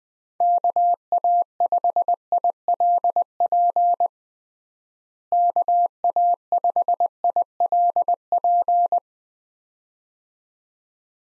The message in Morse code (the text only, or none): KA5ILP KA5ILP